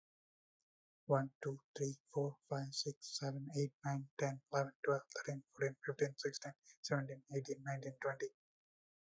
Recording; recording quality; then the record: counting at a fast pace; excellent, no background noise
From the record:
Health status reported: healthy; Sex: male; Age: 30 years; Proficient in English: yes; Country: India